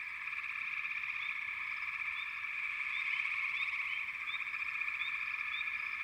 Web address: Natures Songs Sleep Sounds of Nature FROGS Frog Chourus